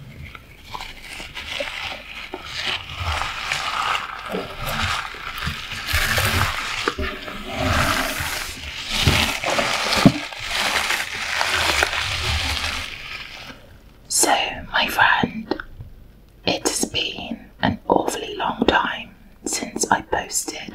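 Rubber gloves are handled in a kitchen, giving a dense, continuous squeaking and rubbing for the first thirteen seconds or so. After that the sound breaks into separate sharp snaps and stretches with short pauses between them, ending with quicker bursts.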